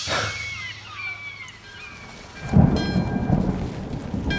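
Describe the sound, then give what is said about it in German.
A thunderstorm on a cloudy day in late August at the cemetery of Verona: steady rain hisses throughout while a deep rumble of thunder swells up partway through and rolls on heavily to the end. No one speaks. “An einem bewölkten Gewittertag Ende August wurde der Sarg mit Massiminas Leichnam in die Familiengruft der Trevisans auf dem Friedhof von Verona gebracht.”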